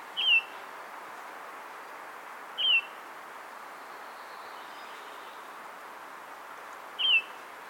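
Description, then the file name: Eurasian bullfinch repeating a soft, mournful descending whistle three times at uneven intervals of about two and a half and four and a half seconds, with low steady background noise. "Pyrrhula pyrrhula"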